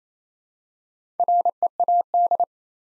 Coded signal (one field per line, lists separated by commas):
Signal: Morse code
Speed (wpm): 27 wpm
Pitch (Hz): 700 Hz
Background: none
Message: READ